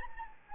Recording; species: mosquito wingbeat signal from an infrared sensor; Anopheles gambiae